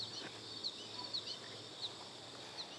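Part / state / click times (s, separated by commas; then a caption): plastic planter tier onto the tier below it in a stacking vertical planter / not seated / none. A plastic planter tier is being handled over the tier below it in a stacking vertical planter, but nothing has seated or clicked yet. Only steady outdoor background noise is heard, with a band of chirping around 4 kHz like insects or birds and a few brief soft chirps, and no one talks.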